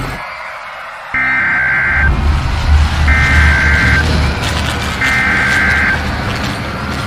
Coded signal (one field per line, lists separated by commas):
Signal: Emergency Alert System (SAME) tones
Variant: header bursts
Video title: Eas Scenario Godzilla Raids Again